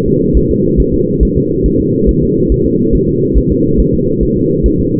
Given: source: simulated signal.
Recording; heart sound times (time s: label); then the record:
fetal heart sounds
0.08 s: S2
0.37 s: S1
0.51 s: S2
0.80 s: S1
0.94 s: S2
1.23 s: S1
1.37 s: S2
1.66 s: S1
1.80 s: S2
2.09 s: S1
2.23 s: S2
2.52 s: S1
2.66 s: S2
2.95 s: S1
3.09 s: S2
3.38 s: S1
3.52 s: S2
3.80 s: S1
3.94 s: S2
4.23 s: S1
4.37 s: S2
4.66 s: S1
4.80 s: S2
From the record:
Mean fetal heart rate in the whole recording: 140 bpm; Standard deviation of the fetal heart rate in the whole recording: 2 bpm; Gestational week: 34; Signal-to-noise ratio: -11.2 dB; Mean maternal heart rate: 72 bpm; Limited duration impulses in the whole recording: present